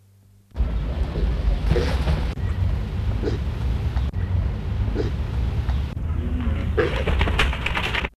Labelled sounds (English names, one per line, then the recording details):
Black Vulture call
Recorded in captivity
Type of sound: call
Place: Ruhr-Zoo Gelsenkirchen, Nordrhein-Westfalen, DE
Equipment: Halbspur, 9,5 cm/s
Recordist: Lütgens, Hans
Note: Aufgeschreckt